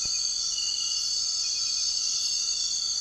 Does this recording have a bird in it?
no